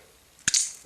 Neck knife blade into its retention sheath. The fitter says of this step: that that's how stiff it is and you can hear a little click so